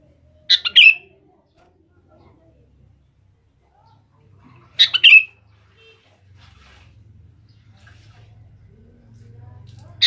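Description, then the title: Sooty-headed bulbul repeating a short, bubbly chirped phrase roughly every four to five seconds, three times with the last cut off at the end, with a soft low rumble building in the background. "Kutilang"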